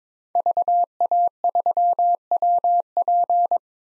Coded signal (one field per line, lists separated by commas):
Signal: Morse code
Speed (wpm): 22 wpm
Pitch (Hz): 700 Hz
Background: none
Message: VA3WP